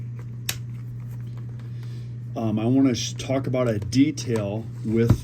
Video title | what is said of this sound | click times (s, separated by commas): VISIONQUEST G6 Night Ranger - Thermal Scanner Adapters - NVG/Wilcox Mount - BREAK AWAY feature | Engages and locks in place. | 0.5 s